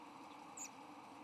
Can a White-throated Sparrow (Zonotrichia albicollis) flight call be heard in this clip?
no